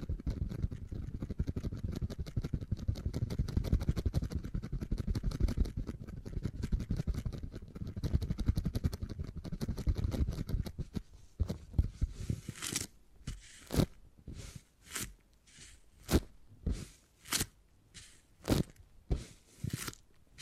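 Beeswax being handled for tingly sounds: for the first ten seconds a dense, rapid crackle of tiny clicks with a low rumbling undertone. After about twelve seconds it thins into separate bright, crisp snaps and squeaks, roughly one per second, with quiet gaps between.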